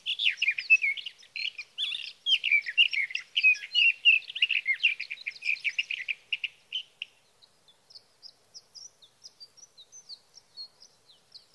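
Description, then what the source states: Sage thrasher song, a dense tumbling stream of quick chirps and trills for seven seconds, then fading to fainter high scattered notes. Male singing through the night near his night roost, evenings June 12 to mornings June 15, 2018, Sierra Valley, California; Swift recorder.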